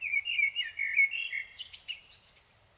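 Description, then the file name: Common blackbird song: a wavering, fluty warble that gives way to a fast, high-pitched squeaky chatter before fading. "Turdus merula"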